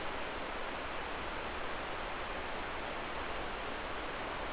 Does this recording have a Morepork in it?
no